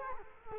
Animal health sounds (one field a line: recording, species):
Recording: mosquito wingbeat signal from an infrared sensor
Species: Culex quinquefasciatus